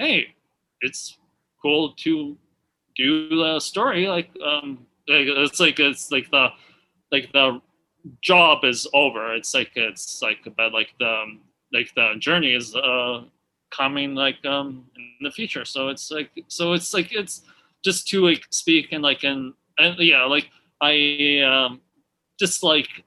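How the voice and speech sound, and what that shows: Adult male stroke survivor with aphasia, having lost his own language after the stroke. His speech is halting and effortful, broken by frequent pauses, with many fillers like "like" and "um", repeated phrases, and word-finding difficulty.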